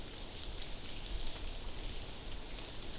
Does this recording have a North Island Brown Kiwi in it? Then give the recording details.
no. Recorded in New Zealand on 12 June 2014. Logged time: 02:19